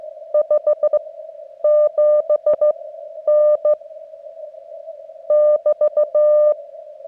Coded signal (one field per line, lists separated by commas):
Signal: Morse code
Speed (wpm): 14 wpm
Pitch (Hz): 600 Hz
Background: none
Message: 57N <BT>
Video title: CW Zero 2 On Air - Get On Air